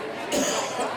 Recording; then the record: coughing mixed with background sound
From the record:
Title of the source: Residual Phlegmy Morning Coughing and Gagging